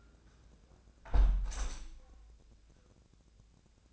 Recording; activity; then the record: daily activity, microphone in the room; close window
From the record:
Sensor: 2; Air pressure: 1012.2 hPa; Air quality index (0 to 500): 127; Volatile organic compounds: 1 ppm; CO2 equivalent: 940 ppm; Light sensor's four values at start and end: 173/416/175/183 and 173/416/175/182